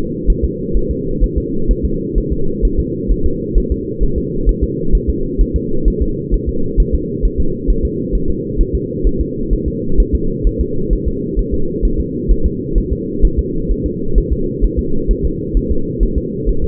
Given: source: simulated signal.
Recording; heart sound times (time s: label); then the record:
fetal heart sounds
0.30 s: S1
0.44 s: S2
0.77 s: S1
0.91 s: S2
1.24 s: S1
1.38 s: S2
1.71 s: S1
1.85 s: S2
2.18 s: S1
2.33 s: S2
2.65 s: S1
2.80 s: S2
3.12 s: S1
3.26 s: S2
3.58 s: S1
3.72 s: S2
4.03 s: S1
4.18 s: S2
4.49 s: S1
4.64 s: S2
4.95 s: S1
5.09 s: S2
5.41 s: S1
5.56 s: S2
5.88 s: S1
6.02 s: S2
6.34 s: S1
6.49 s: S2
6.80 s: S1
6.95 s: S2
7.25 s: S1
7.40 s: S2
7.70 s: S1
7.85 s: S2
8.15 s: S1
8.30 s: S2
8.61 s: S1
8.75 s: S2
9.07 s: S1
9.21 s: S2
9.53 s: S1
9.68 s: S2
10.00 s: S1
10.15 s: S2
10.47 s: S1
10.61 s: S2
10.93 s: S1
11.08 s: S2
11.39 s: S1
11.54 s: S2
11.85 s: S1
12.00 s: S2
12.31 s: S1
12.46 s: S2
12.78 s: S1
12.92 s: S2
13.25 s: S1
13.39 s: S2
13.72 s: S1
13.86 s: S2
14.18 s: S1
14.33 s: S2
14.64 s: S1
14.79 s: S2
15.11 s: S1
15.25 s: S2
15.57 s: S1
15.71 s: S2
16.03 s: S1
16.18 s: S2
16.49 s: S1
16.64 s: S2
From the record:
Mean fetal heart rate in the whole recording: 130 bpm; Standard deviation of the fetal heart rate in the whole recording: 2 bpm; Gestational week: 36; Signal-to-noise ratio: -8.1 dB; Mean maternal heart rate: 72 bpm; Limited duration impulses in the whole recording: absent